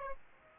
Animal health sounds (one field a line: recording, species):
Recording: mosquito wingbeat signal from an infrared sensor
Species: Aedes aegypti